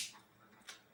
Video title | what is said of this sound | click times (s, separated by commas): Alex and Poppy Fix a Walkman | clicks into place there | 0.7 s